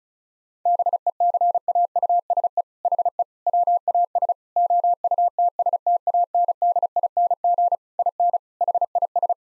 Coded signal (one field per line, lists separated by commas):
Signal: Morse code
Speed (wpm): 34 wpm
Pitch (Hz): 700 Hz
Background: none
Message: BECAUSE HE WAS OUTSTANDING IN HIS